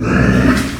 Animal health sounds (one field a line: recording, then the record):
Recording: squeal of a Yucatan mini pig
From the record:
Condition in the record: after surgery on the right vocal fold (resection and tissue-engineered implant)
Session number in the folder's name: 7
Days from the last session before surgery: 47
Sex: female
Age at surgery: 19 weeks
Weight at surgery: 25 kg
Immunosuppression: prednisolone